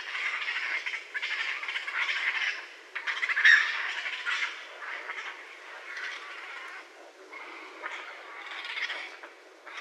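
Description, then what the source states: Raccoon squawks and harsh chatter in uneven bursts, with one sharp louder squeal near the middle and softer grating sounds between. Recorded on 30 January 2012.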